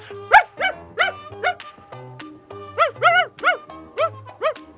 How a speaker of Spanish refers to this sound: ¡Chito perro!